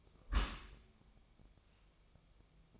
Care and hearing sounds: daily activity, microphone in the room; close dishwasher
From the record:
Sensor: 1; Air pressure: 1004.8 hPa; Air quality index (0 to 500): 107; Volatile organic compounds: 3 ppm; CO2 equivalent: 1481 ppm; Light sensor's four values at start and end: 9/22/8/9 and 9/22/8/9

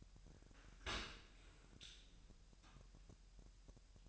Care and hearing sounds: daily activity, microphone in the room; open dishwasher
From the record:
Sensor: 2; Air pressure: 1000.4 hPa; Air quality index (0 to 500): 246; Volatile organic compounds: 91 ppm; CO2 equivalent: 3693 ppm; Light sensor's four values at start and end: 9/21/9/9 and 9/21/9/9

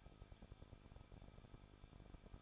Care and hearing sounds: daily activity, microphone in the room; no activity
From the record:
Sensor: 5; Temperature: 20.9 degrees Celsius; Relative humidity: 38.2%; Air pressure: 1006.4 hPa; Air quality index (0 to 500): 187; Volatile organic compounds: 18 ppm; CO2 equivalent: 2626 ppm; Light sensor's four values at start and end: 2/3/1/1 and 2/3/1/1

